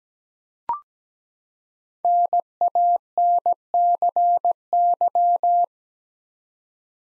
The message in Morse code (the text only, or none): NANCY